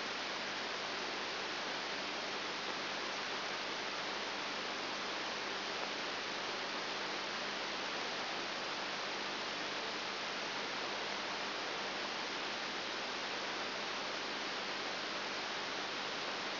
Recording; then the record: brain microelectrode recording played as sound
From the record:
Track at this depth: inside the subthalamic nucleus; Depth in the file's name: 1.305 mm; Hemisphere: left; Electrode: 3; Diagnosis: Parkinson's disease